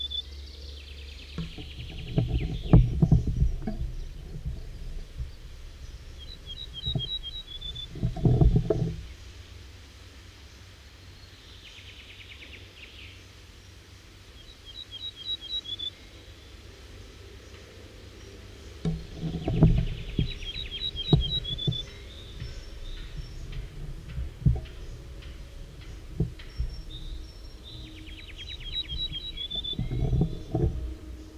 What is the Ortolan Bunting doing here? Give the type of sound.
song